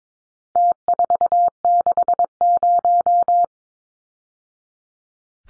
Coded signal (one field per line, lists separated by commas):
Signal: Morse code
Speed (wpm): 22 wpm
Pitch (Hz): 700 Hz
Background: none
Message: T460